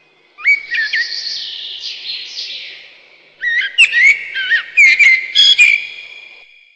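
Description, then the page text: Common blackbird singing a mellow warbled phrase, then a second burst of varied fluty notes and sharp chirps after a brief pause. Common blackbird song recorded in spring. "Черный дрозд - Пение весной"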